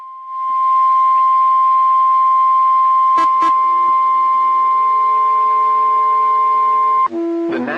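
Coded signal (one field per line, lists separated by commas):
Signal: Emergency Alert System (SAME) tones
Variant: 1050 Hz attention tone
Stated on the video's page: Special Marine Warning SAME tones on weather radio station KHB37.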